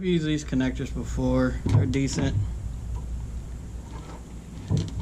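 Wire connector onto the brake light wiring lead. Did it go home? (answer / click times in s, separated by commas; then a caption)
yes / 4.8 s, 4.9 s. Color-coded crimp or splice connectors on the ground and power leads of the third brake light wiring on a 2002 Silverado are pushed together by hand while someone talks. After the talking, two short sharp clicks at 4.8 and 4.9 seconds mark the connector snapping into place, seated.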